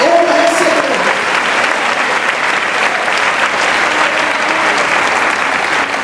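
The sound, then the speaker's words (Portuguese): An audience at a church service applauds steadily in affirmation of faith, a dense, loud wash of clapping that holds at an even level throughout, with a brief voice rising above it at the very start. “Se você crê, aplauda aí no seu lugar, diga amém.”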